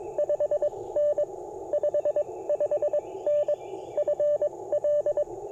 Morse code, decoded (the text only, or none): 5N 55N FL